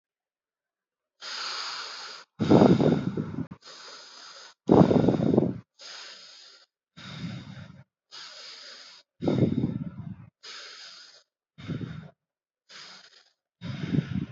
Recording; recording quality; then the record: shallow breathing; excellent, no background noise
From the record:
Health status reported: exposed to COVID-19, no respiratory illness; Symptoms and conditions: none ticked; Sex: male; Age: 21 years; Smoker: not ticked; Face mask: not worn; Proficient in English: yes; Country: India